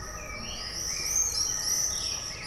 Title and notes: bonn altstadt, mauersegler - mauersegler im juli 2006. Mauersegler, Bonn, Juli 2006. by maik johannsen